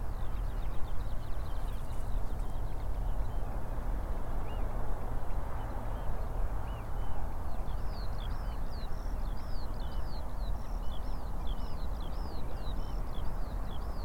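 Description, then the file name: Eurasian oystercatchers, scattered faint notes at first, then from about seven seconds a fast, shrill piping chorus of looping notes, all over a low rumbling background. Several birds at Rye Harbour river mouth, recorded 9 May 2022. "220509 0057 Rye Harbour river mouth Oystercatchers"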